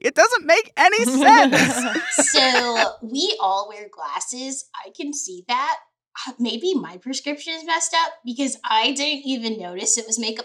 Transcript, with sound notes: It doesn’t make any sense.
[laughter] So we all wear glasses, I can see that. Maybe my prescription is messed up because I didn’t even notice it was makeup.